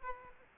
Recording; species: mosquito wingbeat signal from an infrared sensor; Aedes aegypti